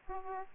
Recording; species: mosquito wingbeat signal from an infrared sensor; Aedes aegypti